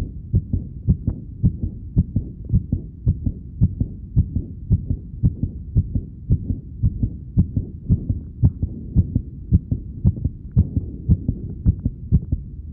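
Low, dull thumps repeat at roughly 110 a minute, with spacing and loudness that drift slightly from beat to beat: a heartbeat whose rate fluctuates.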